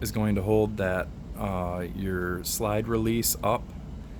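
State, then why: Not seated. Someone talks while handling the slide release lever on a disassembled polymer M&P M2.0 Compact 4" pistol frame, where a detent is meant to hold the lever in the up position. Nothing has clicked or seated yet; the clip ends before the lever catches the detent.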